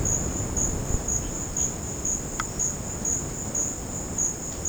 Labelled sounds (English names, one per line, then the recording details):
none
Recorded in secondary vegetation near Puerto Asís, Putumayo, Colombia, on 12 March 2025 at 17:00
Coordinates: 0.481, -76.318
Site G097